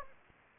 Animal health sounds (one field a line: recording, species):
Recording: mosquito wingbeat signal from an infrared sensor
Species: Anopheles gambiae